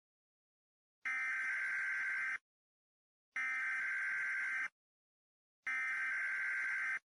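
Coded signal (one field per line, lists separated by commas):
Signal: Emergency Alert System (SAME) tones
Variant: header bursts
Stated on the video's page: Fictional EAS scenario, a simulated Christmas special about Nibiru.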